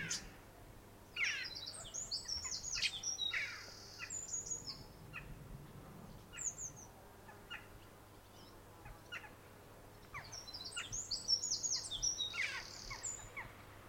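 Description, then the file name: Eurasian wren song in two bouts of high, fast twittering and trilled notes, separated by quieter scattered chips and clicks over low background noise. "Troglodytes troglodytes"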